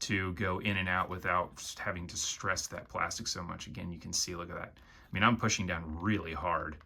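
Someone talks throughout while pressing down hard on a plastic wing of a small Star Wars Micro Galaxy Squadron Sith Infiltrator toy starship, moving it into position against stiff resistance on the hull. There is a brief pause in the talk near 4.7–5.1 s. The clip ends before the wing goes home; nothing has seated or clicked yet.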